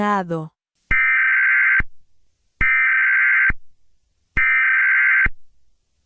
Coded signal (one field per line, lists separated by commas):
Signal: Emergency Alert System (SAME) tones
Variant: header bursts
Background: speech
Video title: The aftermath(a Jurassic Park novel eas scenario) along horror